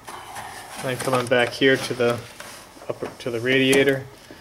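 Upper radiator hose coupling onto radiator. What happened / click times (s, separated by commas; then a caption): Handled, not yet seated: no coupling click heard / none. Someone talks while handling the other end of the upper radiator hose on a BMW 7 Series E38, a plastic quick-connect coupling that goes onto the radiator neck during a radiator hose replacement. Only speech and faint handling noise are heard. The coupling has not seated or clicked yet.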